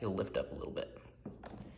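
A Makita electric mower's handle lock pin is handled at the mower deck handle bracket, with the handle pulled out, turned and lowered toward the point where the spring pin drops into its hole. Someone talks throughout, with two brief soft knocks near 1.3 s and 1.5 s. Nothing has seated or clicked yet.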